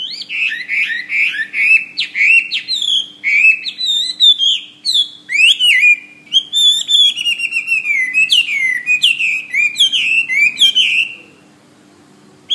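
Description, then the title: Bird song, a long unbroken stream of quick, varied chirps and warbled whistles that rise and fall, ending abruptly in silence. "SuaraBurung Kicau"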